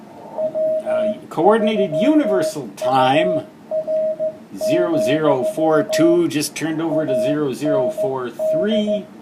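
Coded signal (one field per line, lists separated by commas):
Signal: Morse code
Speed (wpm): 15 wpm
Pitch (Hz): 630 Hz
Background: speech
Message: W3UR, AND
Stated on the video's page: Live band conditions on 7 to 21 MHz, with a 15-meter opening.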